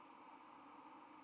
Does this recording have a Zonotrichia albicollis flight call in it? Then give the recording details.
no. Another species' flight call is heard. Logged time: 05:16 on 31 October 2014